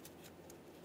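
A plastic electrical connector is handled at a newly installed exhaust camshaft position sensor on a 2012–2020 Chevrolet Sonic, with a short sharp tick at 0.1 s over a steady low background. Nothing has seated or clicked yet; the connector is not yet home.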